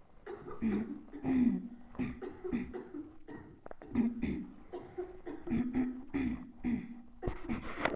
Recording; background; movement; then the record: throat clearing; a bystander coughing; sitting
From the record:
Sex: female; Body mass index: 22.6 kg/m2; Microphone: on the chest, facing the body